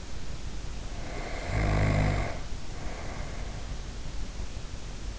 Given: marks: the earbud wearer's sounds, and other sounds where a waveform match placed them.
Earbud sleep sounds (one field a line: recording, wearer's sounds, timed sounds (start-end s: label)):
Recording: sounds in sleep by an in-ear microphone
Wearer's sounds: snoring breath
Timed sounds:
0.75-3.79 s: snoring breath